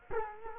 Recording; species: mosquito wingbeat signal from an infrared sensor; Culex quinquefasciatus